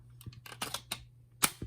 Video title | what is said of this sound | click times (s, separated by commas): Review: DX Don OniTaijin (Avataro Sentai Donbrothers) | And this is going to, of course, this is going to go into the hole right here, so you hear it snap into place, so | 1.4 s